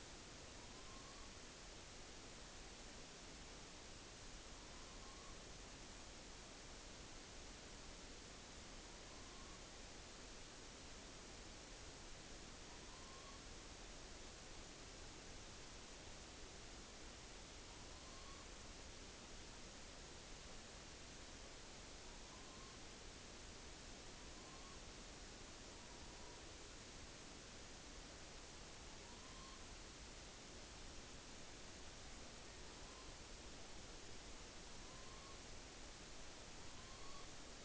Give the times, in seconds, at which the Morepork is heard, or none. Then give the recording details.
0.51-1.36, 4.42-5.43, 8.68-9.75, 12.69-13.44, 17.54-18.56, 21.93-22.86, 23.99-24.80, 25.72-26.55, 28.84-29.62, 32.47-33.30, 34.67-35.41, 36.50-37.33. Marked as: faintness 4/5, faintness 5/5. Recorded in New Zealand on 9 October 2013. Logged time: 17:00. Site Ponui